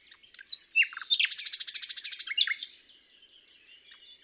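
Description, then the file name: Common nightingale song: a few scratchy notes lead into a rapid, loud, rattling trill lasting over a second, ending in sharp chirps and fading soft sounds. "Luscinia megarhynchos"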